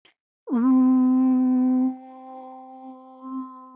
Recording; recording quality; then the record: sustained vowel as in boot; excellent, no background noise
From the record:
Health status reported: respiratory illness, not identified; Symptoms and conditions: asthma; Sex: female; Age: 27 years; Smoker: not ticked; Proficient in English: yes